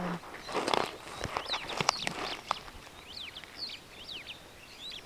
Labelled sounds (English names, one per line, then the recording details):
Superb Starling flight call
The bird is a female
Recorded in Kenya on 9 June 2010
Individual 8, of group CF1